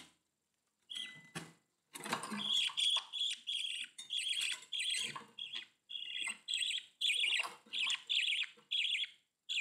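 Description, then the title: Budgerigar chattering, dense scratchy warbles and buzzy chirps running almost without pause after a short quiet opening. "Budgie Sounds"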